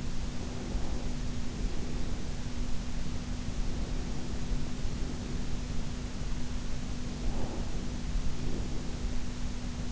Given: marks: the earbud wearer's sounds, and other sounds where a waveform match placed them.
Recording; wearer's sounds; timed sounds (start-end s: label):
sounds in sleep by an in-ear microphone; breath
0.00-2.74 s: breath
3.08-6.40 s: breath
6.68-9.26 s: breath